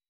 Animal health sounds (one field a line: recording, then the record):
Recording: hydrophone in a shrimp aquaculture tank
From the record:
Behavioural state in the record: weakened